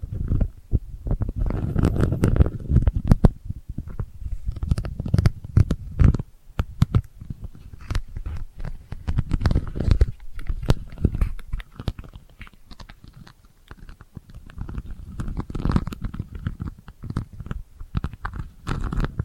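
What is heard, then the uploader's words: Delicate scratching, low, made of dense clusters of small dry clicks and rubs. The activity comes in bursts, busiest around the first few seconds, near ten seconds and again from fifteen to nineteen, with quieter, sparser stretches between. Occasional sharper ticks stand out. ASMR Delicate Scratching for Sleep (No Talking).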